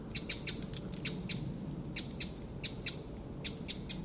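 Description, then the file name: Eurasian wren rattling ticks, hard dry clicks tumbling out in quick irregular succession, over low steady background noise. "Troglodytes troglodytes"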